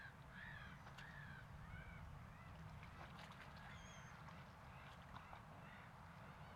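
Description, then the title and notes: Gull cries, a string of short, arched, nasal calls at uneven intervals with a couple of higher notes, over a constant low rumble. At a waterfront on a Saturday. "Seagulls. You went to the waterfront to meditate on Saturday"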